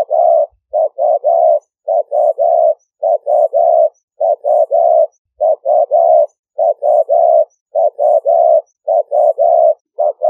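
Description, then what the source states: Spotted dove giving steady coos, short note then drawn-out throaty coo, phrases repeating rhythmically without a break. Vietnamese name cu gáy; coo style called '5 hậu'.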